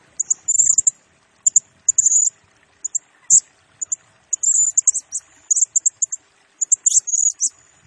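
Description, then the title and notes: Blue-crowned hanging parrot chattering with rapid, piercing high notes and buzzy trills in short bursts with brief pauses. Lure and master-tutor song for training birds; bird described as gacor (in full, chatty song), singing in the nembak (rapid, shooting) style. "Burung Serindit Nembak Gacor Bikin Emosi Semua Burung. Suara Nasteran Dan Pemikat Burung Serinditan Gacor"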